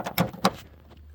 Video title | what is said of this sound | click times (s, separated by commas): Front Grille and Indicator upgrade tutorial on BMW 116i E87 - £1000 BMW | Click straight in. | 0.2 s, 0.5 s